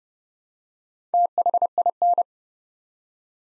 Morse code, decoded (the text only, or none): THIN